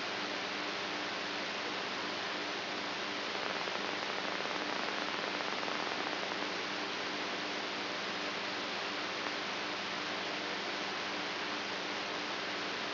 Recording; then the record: brain microelectrode recording played as sound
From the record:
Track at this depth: inside the subthalamic nucleus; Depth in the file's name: 4.316 mm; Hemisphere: right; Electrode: 3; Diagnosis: Parkinson's disease